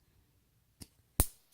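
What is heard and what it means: A plastic piece is pressed onto the leg of a Playmobil toy figure. A faint tick comes at 0.8 s, then a loud, sharp snap at 1.2 s as the piece seats onto the leg.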